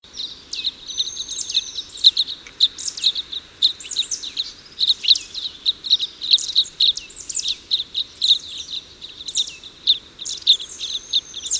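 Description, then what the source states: Red crossbill flight calls, dense overlapping high kip notes from a calling flock, continuous throughout with short whistled tones mixed in. Call type N; flight calls.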